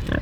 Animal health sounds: contact call of a hoofed animal; wild boar; grunt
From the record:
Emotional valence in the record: positive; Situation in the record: food anticipation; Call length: 0.22 s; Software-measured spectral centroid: 1750 Hz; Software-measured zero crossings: 750 a second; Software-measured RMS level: -24 dBFS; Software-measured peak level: -10 dBFS

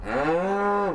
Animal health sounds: contact call of a hoofed animal; cattle; low-frequency (closed-mouth) or high-frequency (open-mouth) call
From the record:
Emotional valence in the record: negative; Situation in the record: physical separation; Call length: 0.95 s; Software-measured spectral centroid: 1220 Hz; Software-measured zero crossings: 1330 a second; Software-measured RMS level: -24 dBFS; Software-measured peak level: -12 dBFS

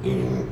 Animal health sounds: contact call of a hoofed animal; pig; closed-mouth grunt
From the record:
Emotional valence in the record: negative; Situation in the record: short social isolation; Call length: 0.52 s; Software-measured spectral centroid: 1480 Hz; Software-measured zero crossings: 780 a second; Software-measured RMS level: -24 dBFS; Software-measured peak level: -12 dBFS

